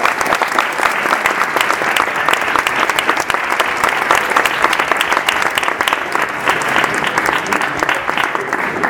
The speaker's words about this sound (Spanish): Y nada, un fuerte aplauso y muchas gracias. Muchas gracias.